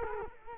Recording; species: mosquito wingbeat signal from an infrared sensor; Culex quinquefasciatus